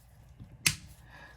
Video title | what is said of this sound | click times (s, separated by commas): SAVE BIG $$$...Kohler Devonshire Complete Toilet Rebuild | this one right here it says it clicks like a gas cap so | 0.7 s